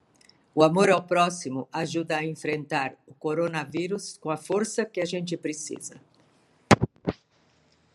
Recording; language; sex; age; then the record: spoken sentence; Brazilian Portuguese; female; 70 to 79 years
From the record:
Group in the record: control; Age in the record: 78 years